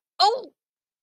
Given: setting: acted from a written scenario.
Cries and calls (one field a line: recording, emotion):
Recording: vocal sound without words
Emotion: pain